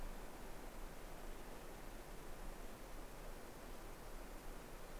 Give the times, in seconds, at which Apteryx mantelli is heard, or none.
none